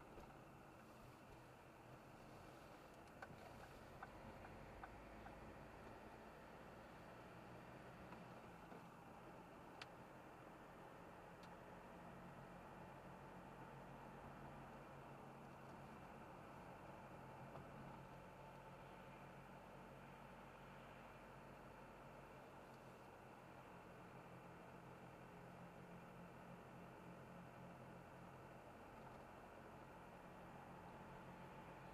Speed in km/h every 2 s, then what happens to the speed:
33, 34, 40, 44, 46, 48, 50, 50, 49, 50, 50, 48, 48, 48, 48, 49.
0-12 speeds up to 50. 12-32 steady at about 49.